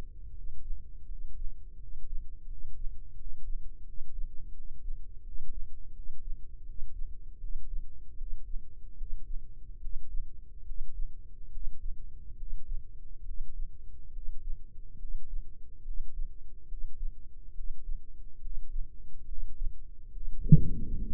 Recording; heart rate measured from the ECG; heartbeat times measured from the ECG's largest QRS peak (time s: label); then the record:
heart sounds by microphone in the left ear; 76 bpm
0.28 s: heartbeat
1.01 s: heartbeat
1.73 s: heartbeat
2.42 s: heartbeat
3.10 s: heartbeat
3.79 s: heartbeat
4.49 s: heartbeat
5.18 s: heartbeat
5.89 s: heartbeat
6.60 s: heartbeat
7.35 s: heartbeat
8.13 s: heartbeat
8.92 s: heartbeat
9.76 s: heartbeat
10.61 s: heartbeat
11.47 s: heartbeat
12.32 s: heartbeat
13.20 s: heartbeat
14.08 s: heartbeat
14.94 s: heartbeat
15.80 s: heartbeat
16.63 s: heartbeat
17.50 s: heartbeat
18.36 s: heartbeat
19.22 s: heartbeat
20.07 s: heartbeat
20.94 s: heartbeat
From the record:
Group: healthy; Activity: breath hold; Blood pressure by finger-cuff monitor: 89/52 mmHg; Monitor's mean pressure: 60 mmHg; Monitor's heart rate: 77 bpm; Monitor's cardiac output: 7.5 L/min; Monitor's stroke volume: 100 mL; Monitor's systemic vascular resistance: 510 dyn s/cm5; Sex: male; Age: 22 years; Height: 185 cm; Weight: 112.4 kg